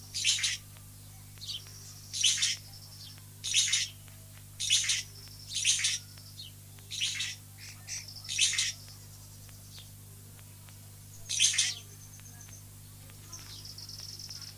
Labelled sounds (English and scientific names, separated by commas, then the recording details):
Long-tailed Fiscal (Lanius cabanisi) call
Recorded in captivity
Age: adult
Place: Zoo Berlin, Berlin, DE
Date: 2007-06-09 16:00
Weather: sunny, ca. 30°C
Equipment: Sony WM-D6C, Sennheiser ME 80, Kopie Uher 4000 Report Monitor
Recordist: Tembrock, Günter